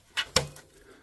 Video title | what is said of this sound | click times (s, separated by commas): handcycle setup for indoor training | And there, you hear that click? That's as far as you need to go. And that's as far as it will let you go. | 0.4 s